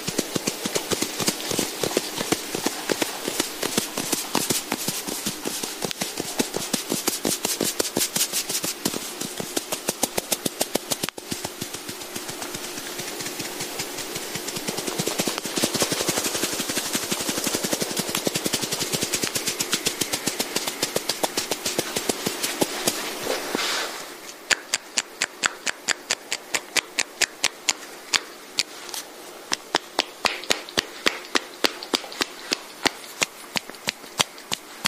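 Massage instruments make a dense, rapid, rattling patter that swells mid-clip, then turns into sparser, crisper, evenly spaced clicks after about twenty-four seconds.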